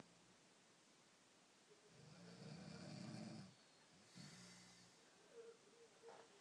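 Low, rumbling snores from a sleeping family rise and fall with breathing: one long, loud snore, then a shorter one, then fainter, softer sounds over a steady background hiss. This is ordinary snoring, the vibration of the relaxed upper airway during sleep.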